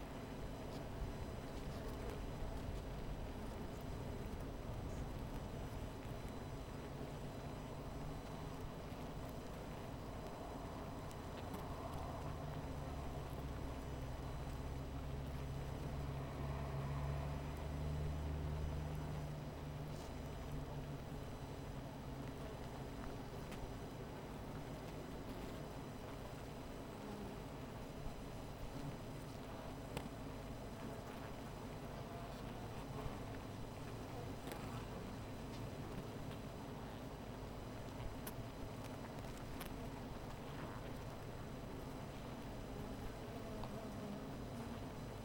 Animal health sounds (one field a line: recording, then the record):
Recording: honeybee colony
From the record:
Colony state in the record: missing queen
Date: 14 July 2017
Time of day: 16:37